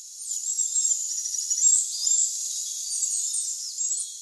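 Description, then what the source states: Sulawesi streaked flycatcher song, a thin, very high-pitched melodious warble of quick trills and slurred notes running continuously over four seconds. Newly described species; recorded once in forest in Sulawesi, Indonesia, at dusk, singing a little before going to sleep; the only time heard singing and only known recording.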